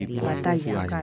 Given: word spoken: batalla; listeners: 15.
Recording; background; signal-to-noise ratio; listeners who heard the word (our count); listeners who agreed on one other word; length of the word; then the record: one Spanish word in noise, from a listening test; four-talker babble; 0.6 dB; 4 of 15; 7 of 15; 0.62 s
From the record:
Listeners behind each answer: 7, 4, 1, 1, 1, 1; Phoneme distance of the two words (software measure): 17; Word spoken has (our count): 3 syllables, 6 phonemes, stress on syllable 2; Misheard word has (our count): 3 syllables, 7 phonemes, stress on syllable 2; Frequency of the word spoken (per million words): 48.44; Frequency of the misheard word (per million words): 43.57